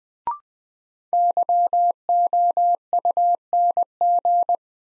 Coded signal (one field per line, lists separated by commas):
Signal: Morse code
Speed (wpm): 21 wpm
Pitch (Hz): 700 Hz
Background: none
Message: YOUNG